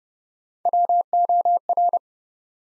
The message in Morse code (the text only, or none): WOR